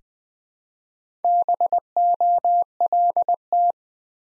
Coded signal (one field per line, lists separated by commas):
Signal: Morse code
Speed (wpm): 20 wpm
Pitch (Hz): 700 Hz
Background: none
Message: BOLT